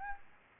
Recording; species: mosquito wingbeat signal from an infrared sensor; Anopheles gambiae